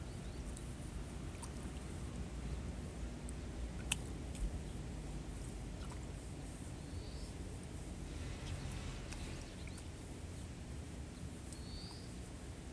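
Rice seedlings are pulled by hand in a flooded nursery bed, with a steady low rumble running underneath throughout. Scattered clicks and small splashy snaps come every second or two, the sharpest near four seconds, and a bird chirps briefly around seven and eleven seconds.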